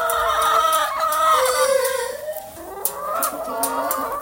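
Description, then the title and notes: Chicken: several hens clucking at once, wavering nasal notes with quick ticks. Hens in their usual enclosure. "Galiñas Coens. Nesta paisaxe sonora, escoitase o gran son das galiñas no seu recinto habitual"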